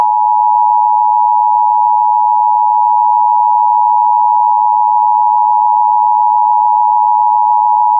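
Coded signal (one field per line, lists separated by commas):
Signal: Emergency Alert System (SAME) tones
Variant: 853 and 960 Hz attention tone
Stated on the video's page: Required Monthly Test on AM 780, received on a C.Crane CC Skywave radio.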